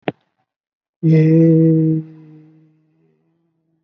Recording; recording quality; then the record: sustained vowel as in made; excellent, no background noise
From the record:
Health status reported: COVID-19 positive, mild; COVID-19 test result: positive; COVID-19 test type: RT-PCR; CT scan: not taken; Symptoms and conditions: cough, fever, fatigue, hypertension, diabetes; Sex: male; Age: 67 years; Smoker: yes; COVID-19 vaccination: one dose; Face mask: not worn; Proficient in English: no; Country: India